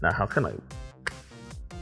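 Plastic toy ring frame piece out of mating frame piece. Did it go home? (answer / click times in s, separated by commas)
released / 1.1 s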